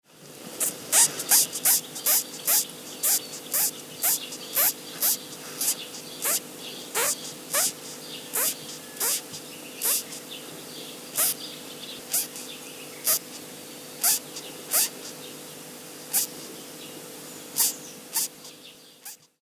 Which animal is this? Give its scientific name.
Clytus arietis